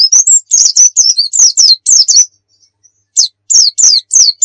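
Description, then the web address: White-eye song: fast, high, twittering descending notes, a short gap, then more sharp downslurred whistles. Muria white-eye; recording used for training (masteran) songbirds. "pleci muria. masteran pleci"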